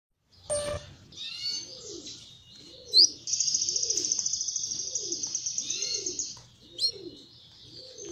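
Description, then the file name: Belgian canary singing a long, even, high buzzy trill held for about three seconds between brief chirps, while low rounded coos repeat steadily below. Copper-coloured. "canto do canario belga cobre"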